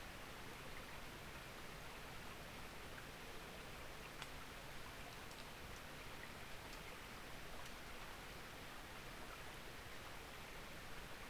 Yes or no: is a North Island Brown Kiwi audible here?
no